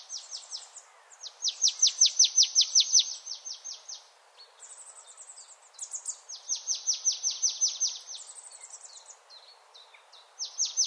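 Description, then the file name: Marsh Tit giving fast, high repeated notes in rattling series of about ten, each note sharply descending, with thinner high chips between bursts. "Poecile palustris"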